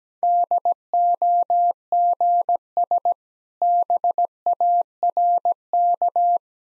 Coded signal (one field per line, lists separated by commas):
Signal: Morse code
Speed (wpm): 17 wpm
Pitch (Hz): 700 Hz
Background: none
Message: DOGS BARK